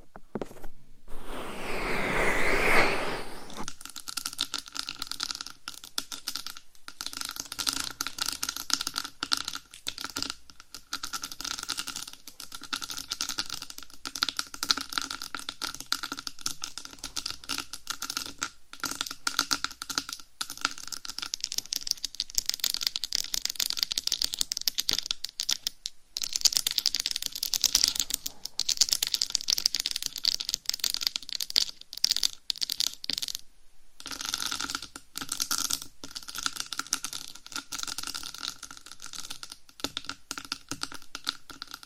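Rapid scratching and tapping on a binaural mic runs almost without pause, a dense crackling patter that sounds much like keyboard typing. A brief swelling rub in the first few seconds precedes it, and a low steady hum sits under everything. Short gaps near 26 and 34 seconds.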